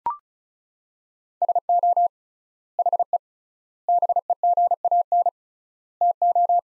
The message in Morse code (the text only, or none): SO HE BEGAN TO